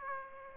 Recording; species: mosquito wingbeat signal from an infrared sensor; Aedes aegypti